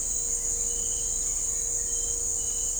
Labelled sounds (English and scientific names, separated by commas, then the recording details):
none
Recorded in dense forest near Puerto Asís, Putumayo, Colombia, on 20 December 2024 at 17:30
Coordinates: 0.499, -76.324
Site G045